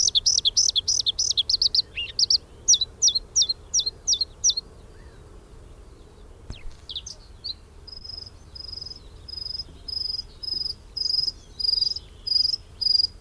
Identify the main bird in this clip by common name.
Bluethroat